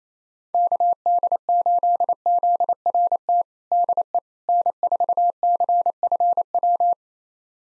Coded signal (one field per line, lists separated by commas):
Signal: Morse code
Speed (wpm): 28 wpm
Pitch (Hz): 700 Hz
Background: none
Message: KD8ZRT DE N4CFW